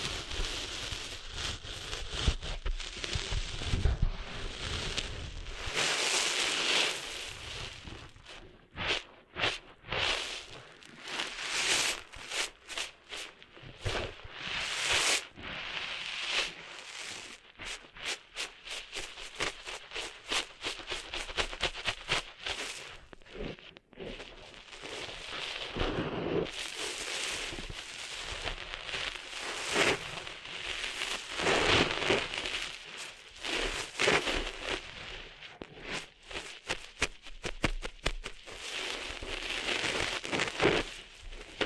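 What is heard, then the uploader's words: Ear-cleaning sounds for sand removal: dense, gritty scratching and rustling that runs almost without pause for the whole stretch. The texture shifts between soft, hissing sweeps and sharper bursts of rapid crackling clicks, with brief quieter dips around 8 and 24 seconds. ASMR Cleaning Sand Out of Your Ears (No Talking).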